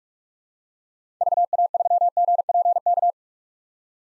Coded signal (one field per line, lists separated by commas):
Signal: Morse code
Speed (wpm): 46 wpm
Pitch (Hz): 700 Hz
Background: none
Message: VA3GPK